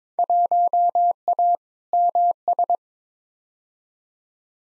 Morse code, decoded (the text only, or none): 1A MS